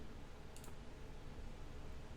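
During the transformation of a DX9 D09 Supreme Leader Mightron robot figure, the plastic thigh is pegged into the calf despite tight pegs. A short, bright click at 0.6 s rises above a steady low hiss. The leg parts snap and seat into place.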